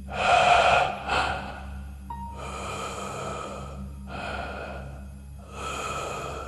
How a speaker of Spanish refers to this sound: Se quedó en silencio y fue cuando escuchó una respiración cerca de ella.